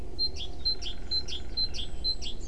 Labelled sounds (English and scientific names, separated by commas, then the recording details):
Great Tit (Parus major)
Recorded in Germany
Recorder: ecoPi